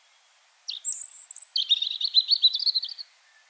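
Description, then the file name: European robin song: a high thin whistle and sliding note lead into a long, rapid, even trill of bright repeated notes. "Erithacus rubecula"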